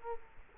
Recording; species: mosquito wingbeat signal from an infrared sensor; Culex quinquefasciatus